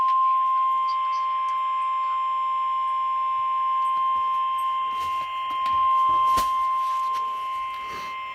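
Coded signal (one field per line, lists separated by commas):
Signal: Emergency Alert System (SAME) tones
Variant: 1050 Hz attention tone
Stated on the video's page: Severe thunderstorm warning received from NOAA weather radio station in Columbus, Ohio.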